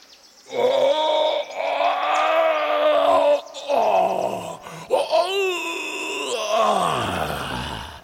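A terrible drawn-out groan from a cave, made by someone with a toothache, loud and wavering, rising and falling in pitch through several strained bursts before sliding down into a low moan at the end.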